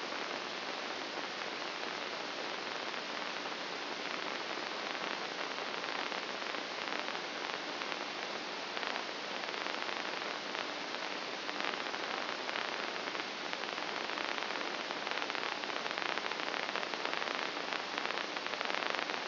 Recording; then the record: brain microelectrode recording played as sound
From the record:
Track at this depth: inside the subthalamic nucleus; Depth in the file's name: 1.626 mm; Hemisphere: left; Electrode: 2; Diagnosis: Parkinson's disease